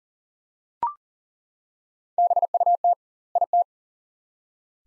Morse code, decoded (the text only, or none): BUT IT